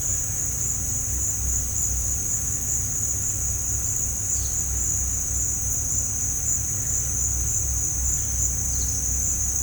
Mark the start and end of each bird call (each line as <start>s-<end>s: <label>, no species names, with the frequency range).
8.72s-9.02s: bird call (3.5-6.1 kHz)